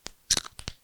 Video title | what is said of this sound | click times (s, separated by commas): PXW Z90 Tutorial | there's nothing like the joy of your first click | 0.3 s